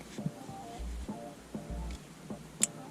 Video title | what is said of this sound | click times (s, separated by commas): Pedal Commander Install On My Camaro SS! IT'S WILD!!! | I want to hear it snap. | 2.6 s